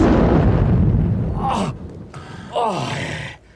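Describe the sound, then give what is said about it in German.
A deep, heavy explosion rumble fills the opening second and a half, then fades, followed by two short strained gasps or groans from a voice. “Lauf zu den Bäumen rüber, falls noch mehr Explosionen kommen.”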